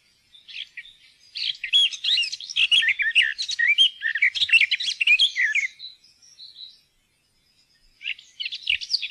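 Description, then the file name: Garden warbler singing a long, continuous, hurried warble of bubbling and chattering notes for about six seconds, then starting another phrase after a short gap. "hagesanger"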